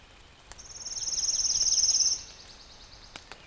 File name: warbler-pale-legged-leaf a-Phylloscopus-tenellipes